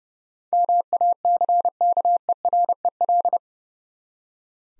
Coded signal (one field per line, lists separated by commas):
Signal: Morse code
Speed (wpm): 28 wpm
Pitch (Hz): 700 Hz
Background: none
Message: MACKEREL